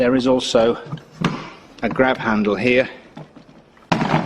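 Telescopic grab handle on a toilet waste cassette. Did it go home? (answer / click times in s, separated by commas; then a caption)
yes / 3.9 s. Someone talks while the extendable plastic telescopic grab handle on the toilet waste cassette of a 2021 Autotrail Expedition 67 is pulled out and pushed with a foot, since only one hand is free. A sharp click at 3.9 s marks the handle locking into place in its open position.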